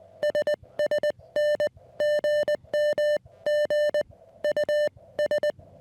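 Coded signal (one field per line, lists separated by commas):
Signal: Morse code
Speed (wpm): 20 wpm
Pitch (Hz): 600 Hz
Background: music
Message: SSN GM GUS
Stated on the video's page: Vintage Elecraft KX1 CW during a Summits on the Air activation of Verdugo Mountains HP.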